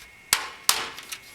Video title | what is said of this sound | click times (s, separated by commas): NZXT Phantom 630 Overview, Benchmarks and Installation Tutorial at HiTechLegion.com | we'll snap into place in the back | 0.3 s, 0.7 s